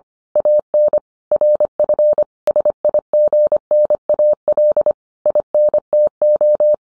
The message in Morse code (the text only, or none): AN RF SIGNAL INTO